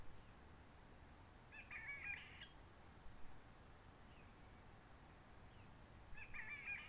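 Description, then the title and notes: Réunion bulbul singing faint, scratchy warbled phrases, one near two seconds and another near the end, with quiet forest hiss between them. Roche Merveilleuse, Réunion; quiet forest, sunny blue sky, since 19 March 2020 lockdown without visitors, microlights or helicopters; birds not very active; bulbul sings simpler short phrases, habit from enduring aircraft noise. "Roche Merveilleuse, Réunion - Merle de lîle de la Réunion. Merle de la Réunion. depuis le 19 mars 2020"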